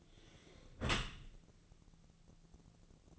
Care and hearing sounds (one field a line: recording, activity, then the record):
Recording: daily activity, microphone in the room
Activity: close dishwasher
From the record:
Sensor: 4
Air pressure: 1001.3 hPa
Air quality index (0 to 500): 180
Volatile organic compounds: 2 ppm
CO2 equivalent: 1286 ppm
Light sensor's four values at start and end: 11/25/10/10 and 11/26/10/11